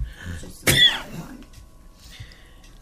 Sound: coughs

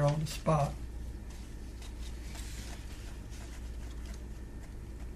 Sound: paper shuffling sounds

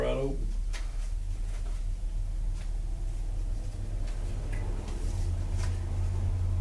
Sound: turning pages sound

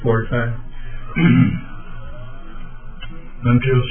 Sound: clears throat

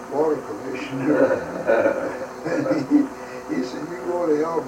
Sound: chuckles

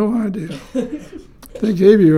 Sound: chuckles

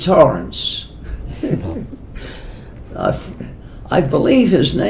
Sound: laughs

